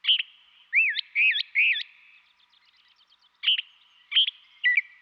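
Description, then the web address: Northern mockingbird song in separate bursts: a sharp note, three looping whistled notes, a pause with faint ticking, then three more sharp single notes. Western North America. "Dan Gibson Wildlife Identification By Sound, Western North America. Northern Mockingbird"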